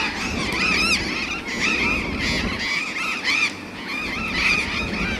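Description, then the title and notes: Burrowing parrots giving harsh, grating squawks that overlap in a noisy flock chorus, some calls with rising and falling inflections, over a steady low background rumble. Several burrowing parrots (Cyanoliseus patagonus) at an urban street corner in a university neighbourhood, January 2015, 20:32 in the evening. "Loros barranqueros (Cyanoliseus patagonus). Av. Alem esq. Uruguay. B° Universitario. /1/2015-20:32hs Por Daniela Del Gobbo"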